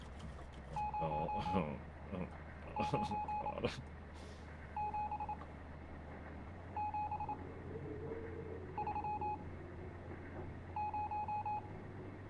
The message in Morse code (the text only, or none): 097730